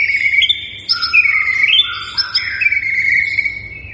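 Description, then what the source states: White-rumped shama giving a varied run of melodious whistled phrases. Lure recording of a strongly singing (gacor) white-rumped shama, used to make birds respond.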